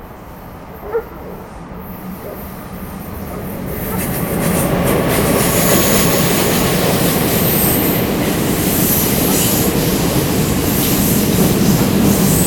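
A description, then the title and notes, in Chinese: A train rumbles past outdoors. It begins as a low rumble, and from about four seconds it swells into a loud, dense roar that holds steady to the end, with some faint high squeals above it. A single short sharp sound, possibly a bark, comes near the first second. Shengshui Temple。我来到寺院门口，用ROLAND R09录音机记录下火车经过、犬吠等环境声音。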